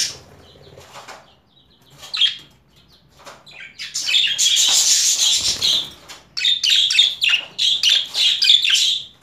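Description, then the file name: Budgerigar chattering calls, bursts of harsh high chirps and squawks coming in quick runs, with short quiet gaps between the bursts. Female budgerigar; mixed sounds. "Karisik Sesler Disi Muhabbet Kusu Sesi"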